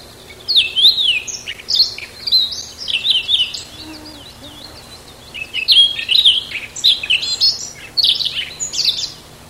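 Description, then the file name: Siberian rubythroat: high, jumbled warbling phrases, then a quiet pause of a couple of seconds before another lively burst of twittering notes. "Ccalliopa"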